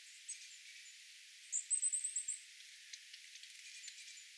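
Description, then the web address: Long-tailed tit calls: a short, rapid, very high trill of several notes in the middle, with a few faint thin notes before and after. Small flock of little birds including long-tailed tits, a tit flock calling, recorded 27 January 2026. "27 1 2026 pikkulintuparvi pyrstotiais tiaisparven aantelya"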